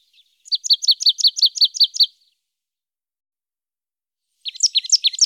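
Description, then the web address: Marsh tit song, a rapid series of many sharp chipping notes, then a second shorter rattling burst after a pause. "IVN Zangvogels. Glanskop"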